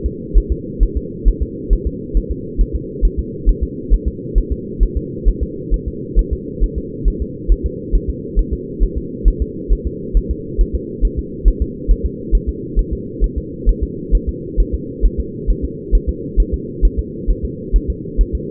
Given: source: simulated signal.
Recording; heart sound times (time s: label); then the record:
fetal heart sounds
0.06 s: S2
0.38 s: S1
0.52 s: S2
0.83 s: S1
0.97 s: S2
1.28 s: S1
1.43 s: S2
1.73 s: S1
1.87 s: S2
2.17 s: S1
2.31 s: S2
2.61 s: S1
2.75 s: S2
3.05 s: S1
3.19 s: S2
3.49 s: S1
3.63 s: S2
3.94 s: S1
4.08 s: S2
4.38 s: S1
4.52 s: S2
4.83 s: S1
4.97 s: S2
5.28 s: S1
5.43 s: S2
5.74 s: S1
5.88 s: S2
6.19 s: S1
6.33 s: S2
6.64 s: S1
6.78 s: S2
7.08 s: S1
7.22 s: S2
7.52 s: S1
7.66 s: S2
7.95 s: S1
8.09 s: S2
8.39 s: S1
8.53 s: S2
8.83 s: S1
8.98 s: S2
9.28 s: S1
9.42 s: S2
9.73 s: S1
9.87 s: S2
10.17 s: S1
10.31 s: S2
10.61 s: S1
10.75 s: S2
11.05 s: S1
11.19 s: S2
11.48 s: S1
11.62 s: S2
11.91 s: S1
12.06 s: S2
12.35 s: S1
12.49 s: S2
12.79 s: S1
12.93 s: S2
13.24 s: S1
13.38 s: S2
13.69 s: S1
13.83 s: S2
14.15 s: S1
14.29 s: S2
14.60 s: S1
14.74 s: S2
15.05 s: S1
15.20 s: S2
15.50 s: S1
15.65 s: S2
15.95 s: S1
16.09 s: S2
16.40 s: S1
16.54 s: S2
16.85 s: S1
16.99 s: S2
17.31 s: S1
17.45 s: S2
17.76 s: S1
17.90 s: S2
18.21 s: S1
18.35 s: S2
From the record:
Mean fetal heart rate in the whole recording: 135 bpm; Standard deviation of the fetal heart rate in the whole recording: 3 bpm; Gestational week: 36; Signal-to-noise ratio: -4.1 dB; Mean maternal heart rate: no maternal heart sound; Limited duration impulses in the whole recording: absent